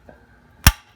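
A metal keeper is pressed onto the steering column assembly of a 1972 Camaro and snaps into place, holding the part there. After a faint tick near 0.1 s, there is one sharp, bright click at 0.7 s that spans from deep lows to high frequencies, then quiet. The keeper is seated.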